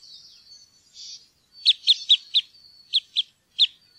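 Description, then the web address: Red crossbill calls: a series of sharp, high chip notes given in a loose irregular run after a softer thin twittering, with a faint continuous high hiss. "fuglelyder-1 grankorsnebb"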